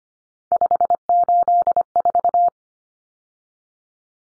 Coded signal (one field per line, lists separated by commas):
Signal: Morse code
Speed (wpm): 25 wpm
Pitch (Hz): 700 Hz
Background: none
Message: 584